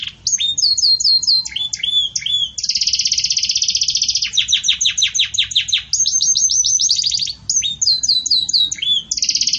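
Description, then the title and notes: Belgian canary song, a fast run of bright trills and rolling tours, switching between chattering phrases and sustained high buzzy rolls with only brief gaps. Belgian canary, pure campainha song style with pauses, for training. "Canto Canário Belga Campainha Puro Com Pausa Para Treinamento. CANARIO BELGA"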